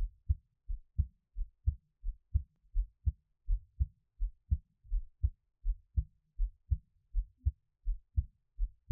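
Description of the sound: Soft, regular low thumps come in lub-dub pairs at about 82 beats a minute, with a quiet background and no talking. This is an ordinary adult heartbeat heard close to the chest.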